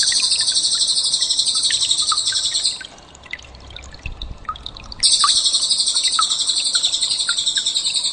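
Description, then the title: Bird song, a dense, rapid high-pitched trill repeated steadily, breaking off for about two seconds of quieter chips and clicks before the trill resumes. "SuaraBurung Kicau8"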